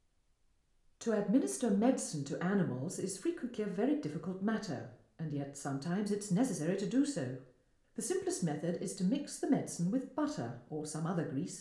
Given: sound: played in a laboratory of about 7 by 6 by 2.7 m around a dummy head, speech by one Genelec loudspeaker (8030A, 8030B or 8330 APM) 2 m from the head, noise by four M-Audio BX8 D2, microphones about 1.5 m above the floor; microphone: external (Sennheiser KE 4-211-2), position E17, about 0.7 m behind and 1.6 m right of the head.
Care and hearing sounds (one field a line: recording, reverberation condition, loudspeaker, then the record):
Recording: female speech in English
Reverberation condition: medium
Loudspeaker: 90 degrees to the right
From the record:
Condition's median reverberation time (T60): about 510 ms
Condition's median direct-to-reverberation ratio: about -0.5 dB